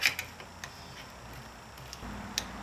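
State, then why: Not seated. A steel snap ring is started on one side of a groove in a 42RH / A500 transmission clutch drum and twisted around by hand, giving sharp metallic ticks near 0.1 s and 2.4 s over light scraping and a low background hum. The ring is only being handled here; nothing has seated or clicked into the groove yet.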